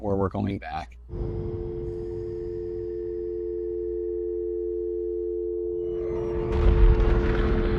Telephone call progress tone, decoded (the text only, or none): dial tone